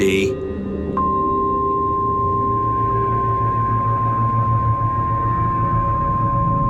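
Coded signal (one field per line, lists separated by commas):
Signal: Emergency Alert System (SAME) tones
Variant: 1050 Hz attention tone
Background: speech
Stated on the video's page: Fictional animated EAS scenarios.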